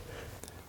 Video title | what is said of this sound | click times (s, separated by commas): Installing the K&N Washable/Reusable Cabin Filter w/Paul Henderson 4K 5-2020 | They're all locked into place, and then push down on the clip. You'll hear it snap in place. | 0.4 s, 0.5 s